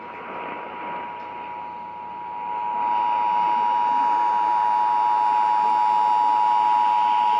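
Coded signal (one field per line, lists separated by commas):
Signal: Emergency Alert System (SAME) tones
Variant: 853 and 960 Hz attention tone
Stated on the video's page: Real EAS alerts received over a span of weeks.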